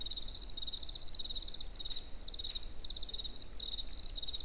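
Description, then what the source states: Cricket song with fast high pulses grouped into bursts, a few longer gaps, and faint low rumble throughout. Recorded in nature near the Eger tourist house.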